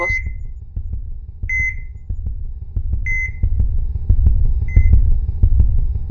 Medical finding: Heartbeat.